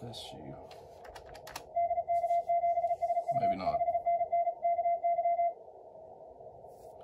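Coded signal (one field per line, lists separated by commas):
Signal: Morse code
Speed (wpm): 35 wpm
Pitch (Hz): 690 Hz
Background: speech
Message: DK7SU 5NN KY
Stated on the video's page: MorseRunner contest simulator software running the ARRL DX contest.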